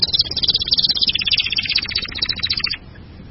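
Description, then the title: Bird song, a dense, loud burst of rapid high chattering notes lasting under three seconds, then sudden quiet. "burung online"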